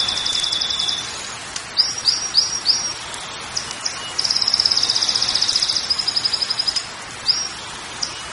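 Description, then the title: Canary singing in high, fast trills, with a few swept whistled notes and a long rapid rattling roll, over constant low hiss. Belgian canary song used to warm up (stimulate) a canary to sing. "Canto Para Esquentar Canário Belga"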